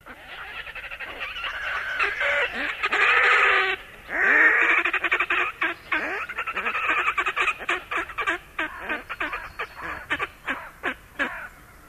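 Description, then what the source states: Red-necked Grebe courtship calls: loud, harsh wailing braying notes that give way to a fast stuttering series of chattering pulses, fading toward the end. Courtship calls of the Red-necked Grebe, familiar to many residents of the Finnish Lakeland; loud bellowing that people regard with mixed feelings.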